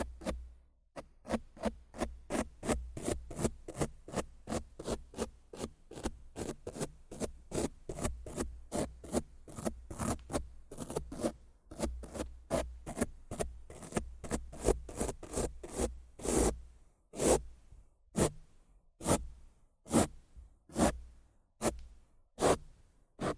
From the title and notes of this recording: ASMR Rough Mic Scratching & Brushing (No Talking).